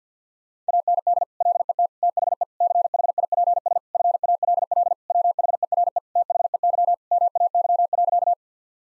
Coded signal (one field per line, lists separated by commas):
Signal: Morse code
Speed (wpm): 50 wpm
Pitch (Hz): 700 Hz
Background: none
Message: AND LET THE CHIPS FALL WHERE THEY MAY.